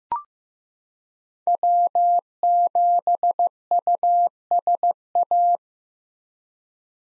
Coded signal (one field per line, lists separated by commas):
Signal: Morse code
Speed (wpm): 15 wpm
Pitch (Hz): 700 Hz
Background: none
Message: W7USA